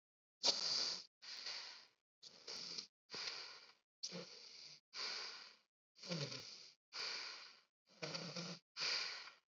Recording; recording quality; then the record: shallow breathing; excellent, no background noise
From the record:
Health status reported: COVID-19 positive, mild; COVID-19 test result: positive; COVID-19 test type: RT-PCR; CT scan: not taken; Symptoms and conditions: cough, sore throat, fever, fatigue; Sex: female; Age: 24 years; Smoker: no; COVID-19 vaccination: both doses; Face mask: not worn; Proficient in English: yes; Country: India